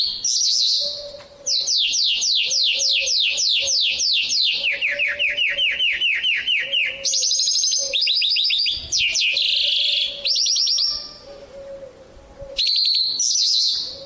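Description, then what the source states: Bimaculated lark song, a long varied run of repeated descending trilled notes, sweeping slurs and rattles in quick succession, with a low hum faintly beneath. Russia.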